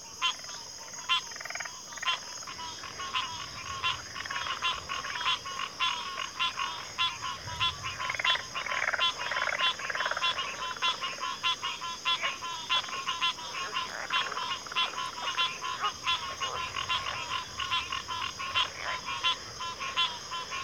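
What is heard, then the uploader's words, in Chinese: A wetland chorus of frogs fills the field, dense and unbroken for the whole stretch, with rapid overlapping croaks and clicks. A steady high insect-like whine sits above the calls, and a thin continuous tone hums underneath throughout. 大自然的声音-田间湿地合唱团。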